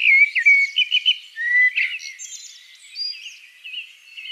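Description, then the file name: Blackbird, Eurasian, giving a quick run of fluty warbled notes that trail into softer high chirps. "Turdus merula"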